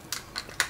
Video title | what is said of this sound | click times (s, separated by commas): Umarex Makarov CO2 BB Pistol firing test Airsoft gun India | आप देखेंगे कि ये अंदर लॉक हो गया है। | 0.6 s